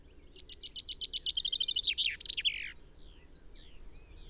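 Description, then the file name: Common chaffinch song: a fast run of bright repeated notes speeding into a trill, ending in a sharp flourish, then faint thin whistles. "Fringilla coelebs"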